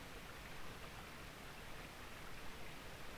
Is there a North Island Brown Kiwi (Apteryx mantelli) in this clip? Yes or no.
no